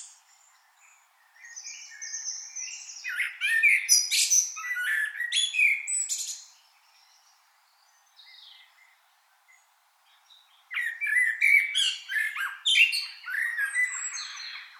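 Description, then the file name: Common blackbird song: two bursts of fluted, warbling whistles mixed with high, squeaky twittering, separated by a few quieter seconds. "Turdus merula"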